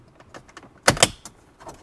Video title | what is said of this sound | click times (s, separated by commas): Ford Superduty Sync2 to Sync3 Upgrade | You'll hear it snap, and there it is. | 0.9 s, 1.0 s